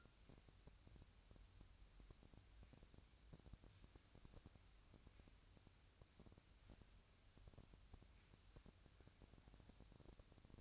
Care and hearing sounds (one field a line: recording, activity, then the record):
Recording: daily activity, microphone in the room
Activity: wipe stove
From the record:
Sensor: 2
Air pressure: 1003.1 hPa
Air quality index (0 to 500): 199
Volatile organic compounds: 6 ppm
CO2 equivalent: 1889 ppm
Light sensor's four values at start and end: 9/22/9/10 and 9/22/9/10